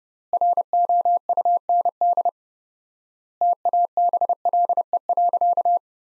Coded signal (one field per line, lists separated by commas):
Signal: Morse code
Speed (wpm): 30 wpm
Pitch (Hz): 700 Hz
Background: none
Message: ROUND TABLE.